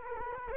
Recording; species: mosquito wingbeat signal from an infrared sensor; Culex quinquefasciatus